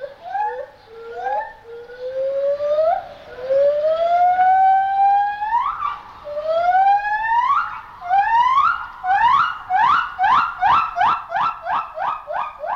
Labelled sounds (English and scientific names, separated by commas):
Silvery Javan Gibbon (Hylobates moloch)